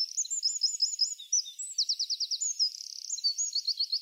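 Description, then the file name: Eurasian wren song, fast high warbling notes broken by quick rattling trills, loud and continuous throughout. "Troglodytes troglodytes"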